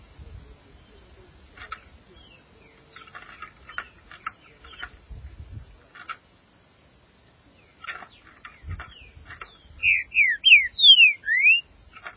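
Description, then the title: Green-winged saltator singing a clear run of five rising and falling whistled notes at the close, preceded by scattered dry clicks and chips. "Trinca Ferro"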